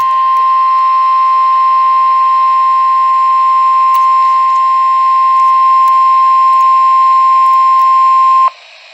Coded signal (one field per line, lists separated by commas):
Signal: Emergency Alert System (SAME) tones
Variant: 1050 Hz attention tone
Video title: CHICAGO CHAOS I | EAS Alerts #3-10